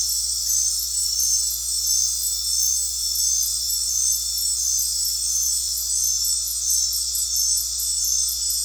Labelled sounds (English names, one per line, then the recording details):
none
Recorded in dense forest near Puerto Asís, Putumayo, Colombia, on 8 March 2025 at 20:00
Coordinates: 0.503, -76.323
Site GP09